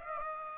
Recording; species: mosquito wingbeat signal from an infrared sensor; Aedes aegypti